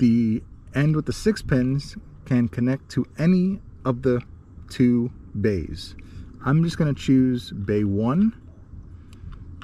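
The six-pin end of a cable connector for a standalone PedalMonster throttle controller on a 2020 Nissan Titan Pro4X is handled and lined up with bay one of the controller module while someone talks. Faint ticks of handling are heard near the end, but the connector has not been pushed home and has not clicked yet.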